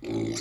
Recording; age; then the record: pig call; weaner (32 to 43 days)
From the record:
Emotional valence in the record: negative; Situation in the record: long isolation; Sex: female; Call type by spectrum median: low-frequency call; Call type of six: mixed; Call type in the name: high-frequency modulated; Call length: 0.41 s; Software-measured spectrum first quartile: 296 Hz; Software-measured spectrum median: 645 Hz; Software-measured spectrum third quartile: 4553 Hz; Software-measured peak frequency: 335 Hz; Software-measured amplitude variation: 127 dB a second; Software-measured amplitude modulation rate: 25.6 a second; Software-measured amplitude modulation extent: 5.0 dB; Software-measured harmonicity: 2.6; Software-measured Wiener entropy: -3.97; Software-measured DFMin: 894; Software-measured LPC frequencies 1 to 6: 349, 2152, 3665, 4214, 4722, 5697 Hz